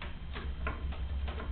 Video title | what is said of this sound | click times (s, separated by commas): How to install a graphics card | once you've got it in the right place, push it in and you should hear a click like that. | 0.7 s